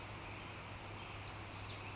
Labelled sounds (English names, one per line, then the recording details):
Western Flycatcher
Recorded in Sonoma County, California